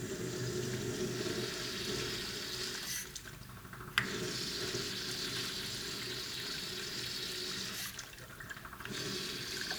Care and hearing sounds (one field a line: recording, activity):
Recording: daily activity, guitar pickup as the sensor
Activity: flush